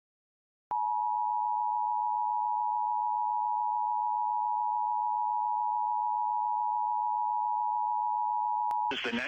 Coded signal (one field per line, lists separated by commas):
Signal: Emergency Alert System (SAME) tones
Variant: 853 and 960 Hz attention tone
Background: speech